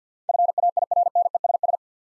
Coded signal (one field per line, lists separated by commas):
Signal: Morse code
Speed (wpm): 50 wpm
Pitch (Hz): 700 Hz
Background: none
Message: FAIRNESS